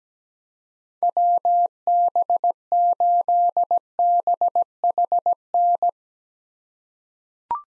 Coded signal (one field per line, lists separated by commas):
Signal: Morse code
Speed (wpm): 17 wpm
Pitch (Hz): 700 Hz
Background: none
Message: WB8BHN